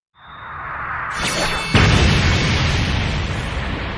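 A swelling whoosh builds into a loud, sharp blast at about the midpoint, followed by a sustained roaring rumble that stays dense and broad without fading much. It is an explosion that knocks a white-robed sea-clan cultivator back several hundred zhang.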